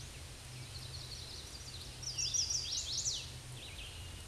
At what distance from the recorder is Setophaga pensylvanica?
about 20 m